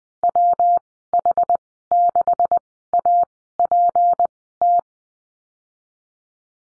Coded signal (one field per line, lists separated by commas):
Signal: Morse code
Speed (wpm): 20 wpm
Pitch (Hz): 700 Hz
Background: none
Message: WH6APT